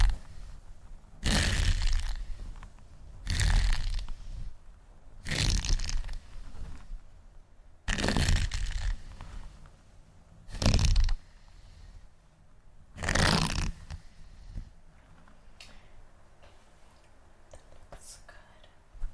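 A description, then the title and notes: Hair is brushed in slow, regular strokes, each a bristly rushing swish about every two to three seconds, with quieter rustling between. ASMR HEAHAIR Wig Review Hair Play & Hair Brushing.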